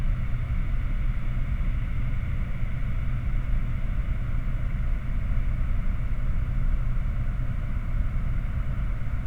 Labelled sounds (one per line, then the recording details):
machinery
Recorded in the Prudhoe Bay oil fields, Alaska, on 30 July 2019 at 22:35
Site 29